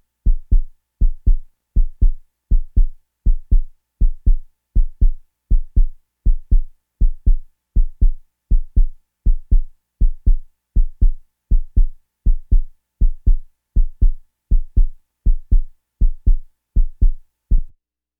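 A steady, regular heartbeat of about 80 beats per minute, each beat a clear low-pitched lub-dub pair.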